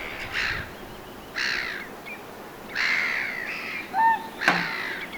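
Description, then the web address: Whooper swan calls, a few harsh, rich honking notes spaced irregularly with short quiet gaps between, one clear tonal note near the end. Whooper swan giving "kuup" or "puup" calls at length, recorded 27 June 2025. "paivat 27 6 2025 laulujoutsenen kuup tai puup aania 3 pitkasti"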